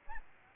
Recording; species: mosquito wingbeat signal from an infrared sensor; Aedes albopictus